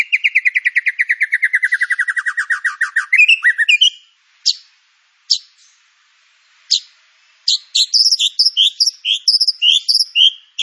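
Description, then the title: White-rumped shama song opening with a long rapid trill falling in pitch, then a few isolated chips and a varied run of quick high notes. Used as a lure to prompt singing; full fill-in training material for teaching song. "PANCINGAN MURAI BATU. MURAI BATU FULL MATERI ISIAN"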